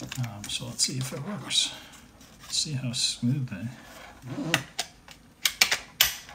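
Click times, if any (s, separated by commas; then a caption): 6.0 s. Someone talks while a K&F Concept 99Wh V-mount battery is slid onto a V-mount power plate for an RS3 Pro camera gimbal, with a few short sliding clacks around 5.5 to 5.7 s. The battery latches into place with a sharp click at 6.0 s and is seated.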